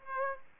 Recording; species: mosquito wingbeat signal from an infrared sensor; Aedes aegypti